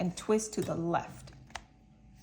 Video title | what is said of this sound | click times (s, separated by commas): Electrical engineer reviews the KitchenAid cordless immersion blender - Unbox + demo + review ￼￼ | you can hear that click, and that's when you know it's locked | 1.6 s